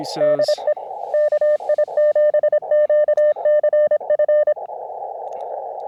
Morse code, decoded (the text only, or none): DE KI7QCF